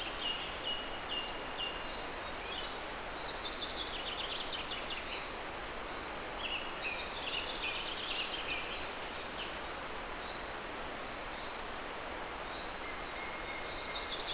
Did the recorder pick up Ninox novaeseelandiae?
no